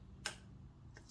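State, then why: Seated. The retaining clip of a Neoteric Designs adjustable cheek riser is pushed all the way into the CZ Bren 2 BR rifle stock. It gives one sharp, bright click at 0.3 s, followed by a couple of faint ticks near 1.0 and 1.1 s over a low steady hum. The clip is seated.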